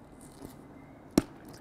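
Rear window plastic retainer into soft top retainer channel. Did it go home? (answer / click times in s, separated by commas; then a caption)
yes / 1.2 s. The end of the plastic retainer at the top of the rear window is pressed into the matching retainer channel on a Bestop Trektop NX soft top frame on a Jeep JK Unlimited. After quiet, faint handling noise, a single sharp click sounds at 1.2 s. The retainer is seated and engaged, so the window can slide across without popping loose.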